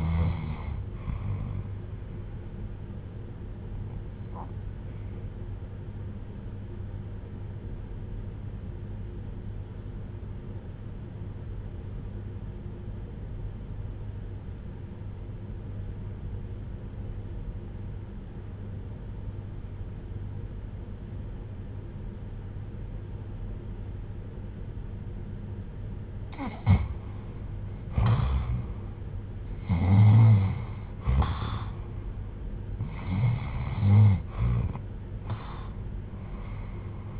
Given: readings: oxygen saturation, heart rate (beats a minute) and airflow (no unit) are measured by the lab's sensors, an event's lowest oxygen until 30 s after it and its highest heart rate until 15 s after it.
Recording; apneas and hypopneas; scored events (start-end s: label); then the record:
breathing in sleep by a smartphone at the bedside; 1
5.00-29.50 s: hypopnea (REM, oxygen 96% highest, then 78% lowest, heart rate 70 at the start, 80 highest)
From the record:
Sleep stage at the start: REM sleep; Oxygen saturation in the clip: 81 to 96%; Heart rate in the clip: 67 to 80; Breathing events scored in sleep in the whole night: 310 in 8.1 hours asleep